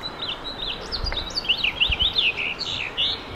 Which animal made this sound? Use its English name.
House Finch